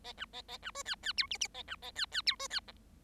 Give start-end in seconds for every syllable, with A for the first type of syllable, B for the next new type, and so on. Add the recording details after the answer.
0.04-0.12 A, 0.17-0.25 B, 0.33-0.41 A, 0.48-0.57 A, 0.62-0.71 B, 0.74-0.83 C, 0.85-0.95 D, 1.02-1.12 D, 1.17-1.27 E, 1.30-1.38 F, 1.40-1.47 F, 1.54-1.63 A, 1.67-1.76 B, 1.82-1.91 A, 1.95-2.06 D, 2.11-2.22 D, 2.26-2.36 E, 2.39-2.48 C, 2.50-2.60 D, 2.67-2.72 G. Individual Bird7